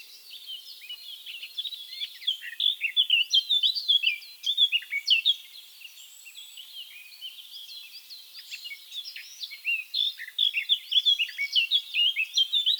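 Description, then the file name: Eurasian blackcap singing a long, fast warble of varied chirps and twittering notes, building to louder bursts of whistled phrases twice over. "Sylvia atricapilla"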